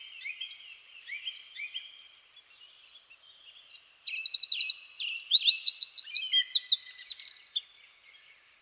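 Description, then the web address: Eurasian wren: faint high twittering, then from about four seconds a loud, fast song with a rattling trill and rapid shrill phrases running nearly to the end. "SETE Troglodytes troglodytes"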